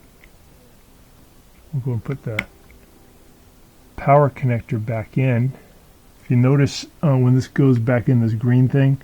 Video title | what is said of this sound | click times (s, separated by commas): ✨ MIELE DISHWASHER DOOR FALLS OPEN - FIXED ✨ | that we're just going to push it in it'll click into place | 0.2 s